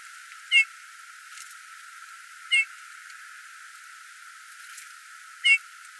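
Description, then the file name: Eurasian bullfinch, soft short piping whistles given singly at uneven gaps of two to three seconds, three notes in all, over a faint steady hiss. "Domherre"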